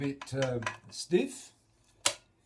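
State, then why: Seated. Someone talks as the steel barrels of a Beretta 690 Black Edition Trap over-under shotgun are closed into the receiver, which is a bit stiff. A sharp metallic click at 2.1 s marks the barrels locking in, and the shotgun is seated.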